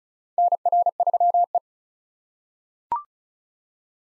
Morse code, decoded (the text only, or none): NR3E